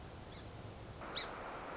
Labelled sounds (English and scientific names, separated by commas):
Song Sparrow (Melospiza melodia)